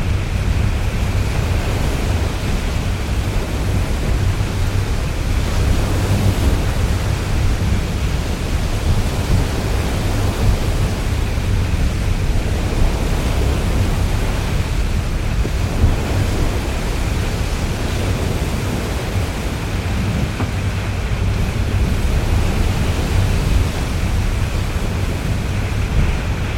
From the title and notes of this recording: Step aboard a formidable cargo tanker as it battles the tempestuous North Atlantic. Experience the sway of the ship as it dances with the mighty waves, accompanied by the reassuring hum of powerful engines.